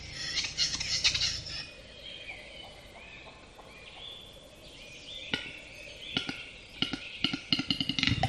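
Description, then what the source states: Western capercaillie giving sharp dry clicks that speed up into a rapid run near the end, with other birds singing high warbling phrases throughout. Recorded close by.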